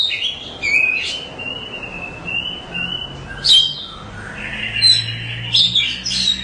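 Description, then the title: Oriental magpie-robin song, a long drawn whistle followed by sharp high chirps and varied notes. "Kacer6. Burung"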